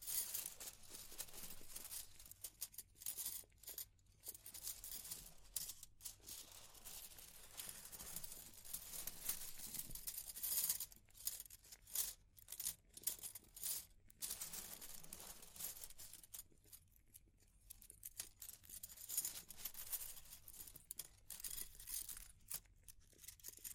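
Fire crackles steadily for the whole stretch, a dense run of sharp pops and snaps with bright hiss on top. Brief gaps of near-quiet break the crackle now and then, especially around four, seventeen and twenty-two seconds, while a low soft rumble runs underneath.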